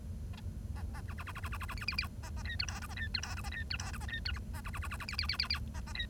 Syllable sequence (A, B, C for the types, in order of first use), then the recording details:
A A B B B B B B B B C C C A A D E F G A D E F G A D E F G A D E H A B B B B B C C C C C A A D. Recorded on 1 October 2012 at 09:48. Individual or60yw70